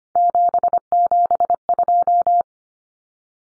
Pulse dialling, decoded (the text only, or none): none